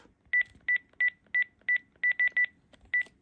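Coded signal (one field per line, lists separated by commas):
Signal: none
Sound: cordless phone key beeps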